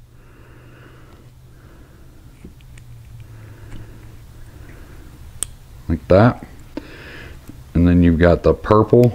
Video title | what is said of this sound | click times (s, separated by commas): ⚡Road Glide Handlebar Install Road 6 Customs 2015 - 2023⚡ | thick part to the top we'll push it in till it clicks like | 5.4 s